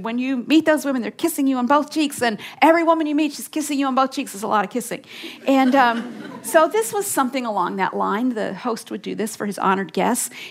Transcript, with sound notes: When you meet those women they’re kissing you on both cheeks... and every woman you meet, she’s kissing you on both cheeks. It’s a lot of kissing! (laughter) And so, this was something along that line; the host would do this for his honored guests.